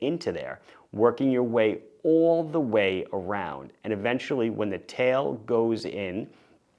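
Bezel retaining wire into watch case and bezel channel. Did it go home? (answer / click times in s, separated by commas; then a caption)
no / none. A bezel retaining wire is being threaded into the channel between a watch case and its bezel, worked all the way around until the tail goes in, while someone talks. The clip ends before the wire tail seats, so nothing has clicked or seated yet.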